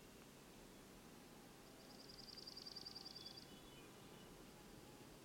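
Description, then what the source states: Ruby-crowned kinglet song: a quick, high run of rapidly repeated chattering notes lasting under two seconds, then a few lower trailing notes, over a steady background hiss. Northern forest; bird sang from a fir limb about 20 feet up during a continual aerial display at lunchtime, flitting out 4-5 feet, somersaulting and hovering before returning; recording left raw, unmastered.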